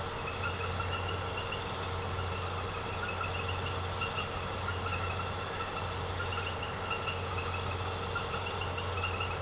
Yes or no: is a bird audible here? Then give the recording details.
no. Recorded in secondary vegetation near Puerto Asís, Putumayo, Colombia, on 21 March 2025 at 22:30. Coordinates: 0.468, -76.324. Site G059